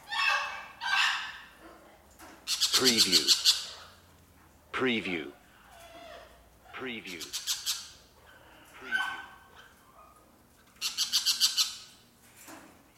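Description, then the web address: Birds give repeated bursts of rapid chirps mixed with harsher squawks and sweeping notes, each burst a second or so long, separated by brief quieter gaps. Caged birds indoors in a birdcage. "the sound pack tree. indoor birdcage birds"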